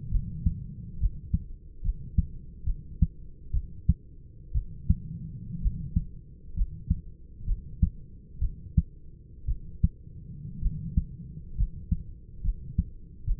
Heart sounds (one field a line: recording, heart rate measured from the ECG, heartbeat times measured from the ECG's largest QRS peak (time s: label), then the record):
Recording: heart sounds by stethoscope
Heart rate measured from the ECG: 64 bpm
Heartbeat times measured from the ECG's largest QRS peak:
0.10 s: heartbeat
0.99 s: heartbeat
1.83 s: heartbeat
2.65 s: heartbeat
3.52 s: heartbeat
4.53 s: heartbeat
5.61 s: heartbeat
6.55 s: heartbeat
7.46 s: heartbeat
8.40 s: heartbeat
9.46 s: heartbeat
10.61 s: heartbeat
11.56 s: heartbeat
12.42 s: heartbeat
13.25 s: heartbeat
From the record:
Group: healthy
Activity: rest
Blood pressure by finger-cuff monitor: 162/70 mmHg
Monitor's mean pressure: 92 mmHg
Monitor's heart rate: 64 bpm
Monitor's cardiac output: 7.1 L/min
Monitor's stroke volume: 107 mL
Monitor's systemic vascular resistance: 960 dyn s/cm5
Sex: male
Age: 25 years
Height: 170 cm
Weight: 70.4 kg